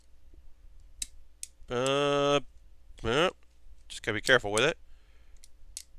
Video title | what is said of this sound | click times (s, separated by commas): Workshop 208 6/10/19 Moloch's Landspeeder | And snapped into place. There we go. | 5.4 s, 5.8 s